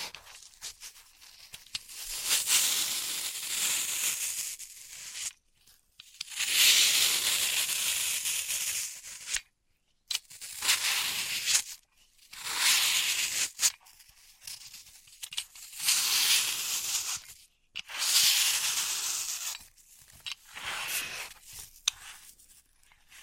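Floral foam is cut and crushed in separate bursts, each lasting two to four seconds with brief silent gaps between them. The sound is dry, bright and gritty, a crisp tearing crunch with fine crackles.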